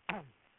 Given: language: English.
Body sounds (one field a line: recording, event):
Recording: throat vibration sensor signal played as sound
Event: throat clearing